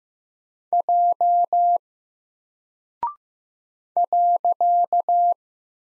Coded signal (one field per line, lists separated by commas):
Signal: Morse code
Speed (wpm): 15 wpm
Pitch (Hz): 700 Hz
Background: none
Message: J .